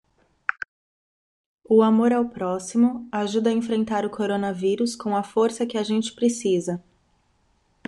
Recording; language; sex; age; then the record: spoken sentence; Brazilian Portuguese; female; 30 to 39 years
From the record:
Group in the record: control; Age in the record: 34 years